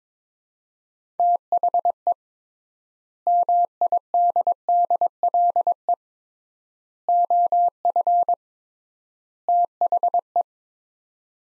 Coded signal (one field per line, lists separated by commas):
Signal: Morse code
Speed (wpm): 22 wpm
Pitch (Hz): 700 Hz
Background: none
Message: THE MIDDLE OF THE